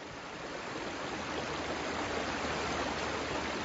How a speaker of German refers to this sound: Bei unserer Ankunft am Fluss Hydaspes zeigte sich, dass ein Übergang über den reißenden Strom nicht möglich war.